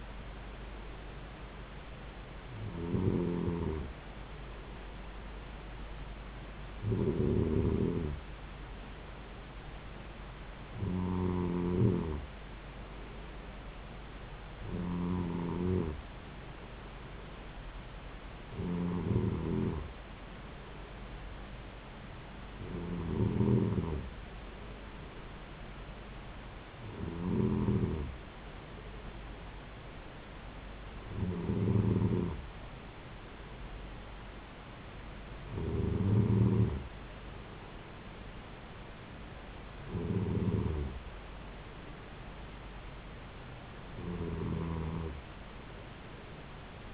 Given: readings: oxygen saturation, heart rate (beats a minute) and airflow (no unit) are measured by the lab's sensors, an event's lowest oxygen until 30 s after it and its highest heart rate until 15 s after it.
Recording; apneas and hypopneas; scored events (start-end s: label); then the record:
breathing in sleep by a voice recorder at the bedside; none
none scored
From the record:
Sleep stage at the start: N2 (light sleep); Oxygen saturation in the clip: 93 to 94%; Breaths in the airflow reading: 11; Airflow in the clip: -3.9 to 3.4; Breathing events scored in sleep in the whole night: 270 in 6.1 hours asleep